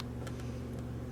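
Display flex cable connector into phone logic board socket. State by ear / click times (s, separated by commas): seated / 0.3 s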